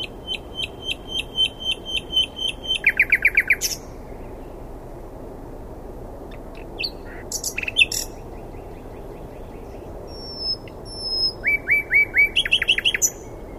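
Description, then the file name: Common nightingale song: a row of clear repeated notes and a short buzzy burst, a pause, a few sharp notes, then high thin whistles and a run of quick chirps. "Luscinia megarhynchos"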